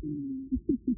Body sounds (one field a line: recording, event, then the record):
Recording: neck accelerometer signal played as sound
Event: no cough (speech, laughter, throat clearing or background)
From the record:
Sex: female